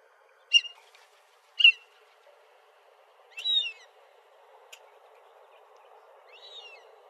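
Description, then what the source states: Fulvous whistling duck calls: a few sharp, squeaky whistled notes at irregular intervals, the third slightly longer and wavering, over a soft background hiss. Recorded 25 February 2006 by Deviche.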